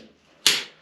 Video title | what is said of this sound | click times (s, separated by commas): Tourniquets | you hear that snap you know that you have a positive lock | 0.5 s